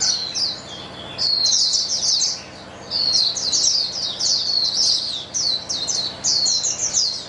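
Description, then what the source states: White-eye song in chorus, high twittering bursts starting and stopping in short waves, with a quieter gap early on. A chorus of many white-eyes singing together.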